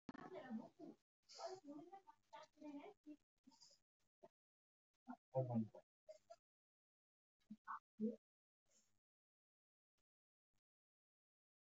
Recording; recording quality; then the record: shallow breathing; excellent, no background noise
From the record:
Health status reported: healthy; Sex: male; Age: 24 years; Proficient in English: yes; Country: India